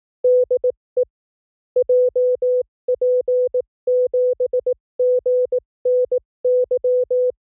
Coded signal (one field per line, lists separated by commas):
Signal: Morse code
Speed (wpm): 18 wpm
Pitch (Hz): 500 Hz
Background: none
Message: DE JP7GNY